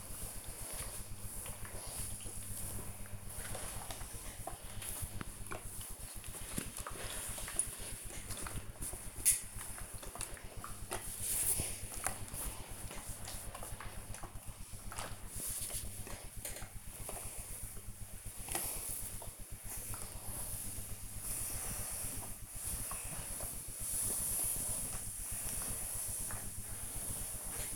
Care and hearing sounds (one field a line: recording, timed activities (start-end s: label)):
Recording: household activities, microphone on the right wrist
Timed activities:
0.00-27.76 s: ironing laundry